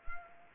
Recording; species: mosquito wingbeat signal from an infrared sensor; Anopheles arabiensis